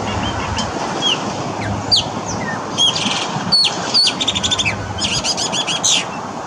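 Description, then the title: Chopi blackbird song, quick whistled slides and clipped notes leading into rapid stuttering trills. "Passaro Preto"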